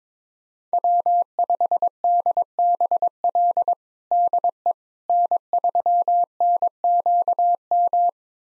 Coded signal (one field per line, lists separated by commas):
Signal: Morse code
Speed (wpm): 22 wpm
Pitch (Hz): 700 Hz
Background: none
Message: W5DBL DE N3NQM